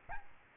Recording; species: mosquito wingbeat signal from an infrared sensor; Aedes albopictus